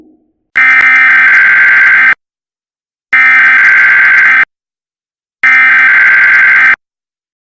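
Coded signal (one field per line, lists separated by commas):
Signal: Emergency Alert System (SAME) tones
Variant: header bursts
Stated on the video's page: Fictional EAS scenario.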